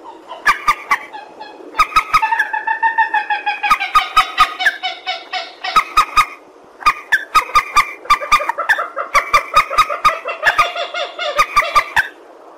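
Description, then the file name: Purple swamphen uttering harsh, rhythmic cackling notes in long runs, broken by a few short pauses, with loud clicks mixed in. "tieng trich re keu"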